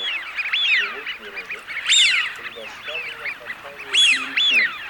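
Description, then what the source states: Eurasian wigeon calls: repeated clear rising-and-falling whistles mixed with lower grating growls, almost continuous throughout. Recording made for use as a hunting lure, from a Russian lure sound chip.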